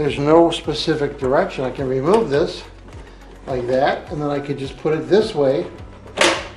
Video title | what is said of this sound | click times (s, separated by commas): Toshiba Air Purifier (CADR: 127 CFM ) 3-Stage Filtration HEPA filter, UV light sanitizer REVIEW | and it locks in place they have the receptor pieces that work | 6.2 s